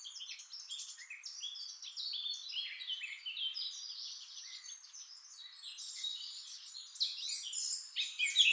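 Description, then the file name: Eurasian blackcap warbling softly and steadily, a continuous scratchy chatter of high notes that grows louder near the end. "Sylvia atricapilla"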